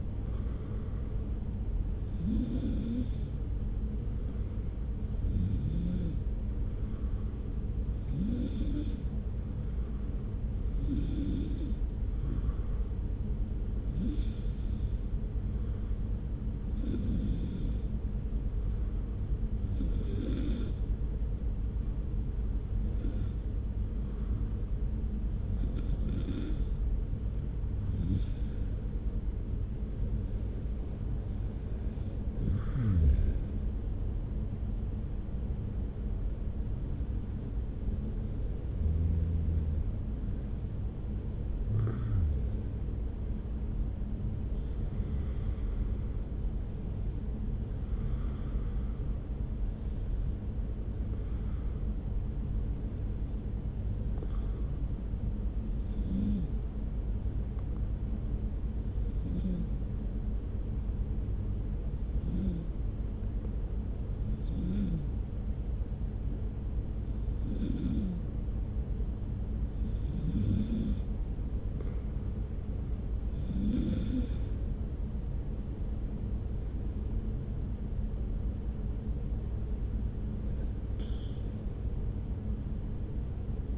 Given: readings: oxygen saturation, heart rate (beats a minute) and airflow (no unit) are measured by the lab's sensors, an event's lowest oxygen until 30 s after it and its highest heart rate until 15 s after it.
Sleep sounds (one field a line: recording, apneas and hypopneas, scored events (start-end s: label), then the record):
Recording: breathing in sleep by a smartphone at the bedside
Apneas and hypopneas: 2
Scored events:
12.00-28.60 s: hypopnea (N2, oxygen 94% highest, then 91% lowest)
40.00-83.78 s: new sleep stage, N1 (lightest sleep)
54.00-75.10 s: hypopnea (N1, oxygen 96% highest, then 93% lowest)
From the record:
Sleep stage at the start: N2 (light sleep)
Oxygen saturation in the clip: 91 to 96%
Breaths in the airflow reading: 24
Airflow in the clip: -1.4 to 2.3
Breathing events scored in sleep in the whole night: 335 in 6.7 hours asleep